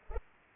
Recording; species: mosquito wingbeat signal from an infrared sensor; Culex pipiens